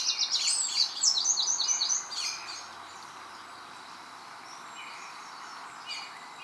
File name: Troglodytes troglodytes